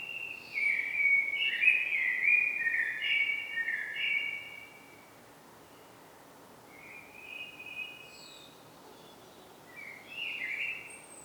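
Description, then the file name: Common blackbird delivering a long fluty warbled phrase, then quieter, shorter whistled phrases after a pause, with faint high twittering notes above. "Turdus merula"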